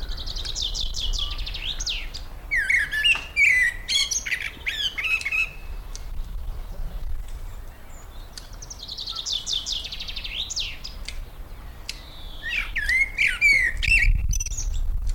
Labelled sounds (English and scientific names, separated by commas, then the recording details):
Common Chaffinch (Fringilla coelebs)
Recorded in the wild
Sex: male
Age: adult
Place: Lychen, Brandenburg, DE
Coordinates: 53.21, 13.32
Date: 1995-04-22 17:24
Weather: heiter, 23°C, böiger Wind
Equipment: Marantz CP 430, Sennheiser ME 80, Kopie Uher 4000 Report Monitor
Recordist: Tembrock, Günter